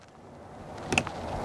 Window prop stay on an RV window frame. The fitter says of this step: you'll hear one little click and then you'll hear a second and so you'll be able to